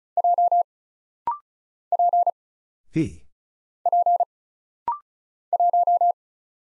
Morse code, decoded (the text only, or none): J P P 1